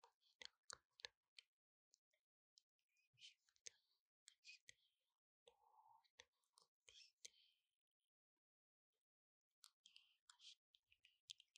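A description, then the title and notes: Dry mouth sounds: sharp clicks, wet smacks and tongue pops come in quick irregular bursts, with a brief low hum near the middle. It is otherwise silent, and a pause of over a second falls before a final cluster of crisp smacks. 視覺觸發×細碎耳語. MouthSounds.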